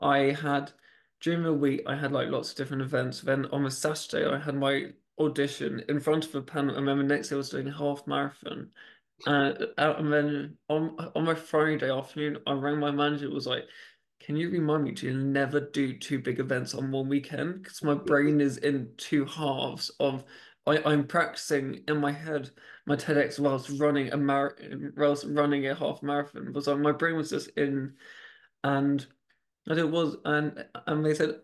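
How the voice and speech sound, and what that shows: Speech from an adult man who stammers, with repeated, prolonged 'and' sounds, glottal restarts and pauses: stuttering disfluencies.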